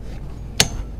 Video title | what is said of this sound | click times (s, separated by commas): รวมเก้าอี้สนามเดินป่า 2023 ตั้งแต่รุ่นเล็กถึงรุ่นใหญ่ | ทีละข้างให้มันดังแป๊กนะฮะ | 0.6 s